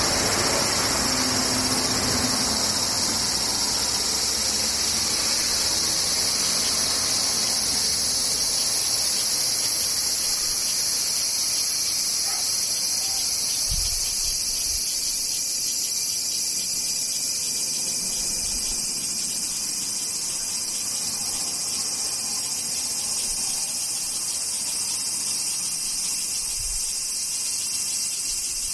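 Cicadas drone without a break, a dense, high, hissing buzz that holds steady for the whole half minute. A low rumble like a passing vehicle fills the first several seconds, and brief dull thumps land around 14 and 27 seconds.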